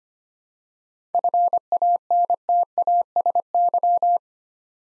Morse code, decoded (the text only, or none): FANTASY